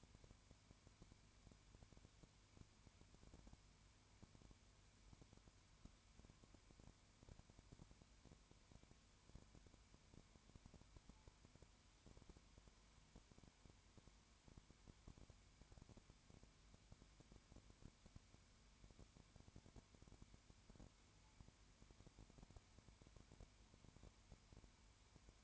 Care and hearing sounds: daily activity, microphone in the room; no activity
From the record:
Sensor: 2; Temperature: 20.0 degrees Celsius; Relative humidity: 32.1%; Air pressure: 1001.1 hPa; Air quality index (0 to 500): 54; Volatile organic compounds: 1 ppm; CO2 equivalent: 601 ppm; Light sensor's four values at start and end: 2/3/2/2 and 2/3/2/2

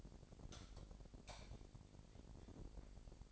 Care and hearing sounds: daily activity, microphone in the room; light off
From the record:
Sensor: 5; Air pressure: 1012.0 hPa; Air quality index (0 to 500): 250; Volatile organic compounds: 5 ppm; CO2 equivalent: 1716 ppm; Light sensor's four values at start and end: 39/93/38/40 and 38/88/37/38

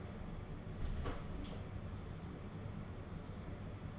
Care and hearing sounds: daily activity, microphone in the room; close door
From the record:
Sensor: 4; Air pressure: 1016.1 hPa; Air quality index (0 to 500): 209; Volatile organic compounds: 13 ppm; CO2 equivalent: 2380 ppm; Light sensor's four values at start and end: 9/20/8/7 and 9/20/8/7

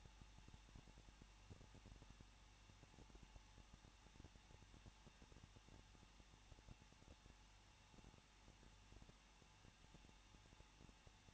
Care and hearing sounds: daily activity, microphone in the room; no activity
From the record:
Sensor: 1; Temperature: 20.1 degrees Celsius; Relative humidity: 39.2%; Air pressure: 1006.3 hPa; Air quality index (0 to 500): 218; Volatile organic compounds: 77 ppm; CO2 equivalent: 3584 ppm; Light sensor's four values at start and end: 1/2/1/1 and 1/2/1/1

